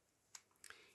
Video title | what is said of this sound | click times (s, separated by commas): Colorya alcohol based marker review. Amazon link in comments. | hear the click on it | 0.4 s